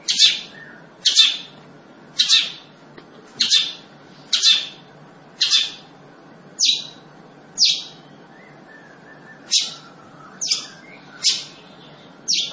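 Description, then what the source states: Long-tailed shrike giving a series of about twelve loud, rasping notes, roughly one per second, with one longer pause. Singing lively, described by the Indonesian term gacor.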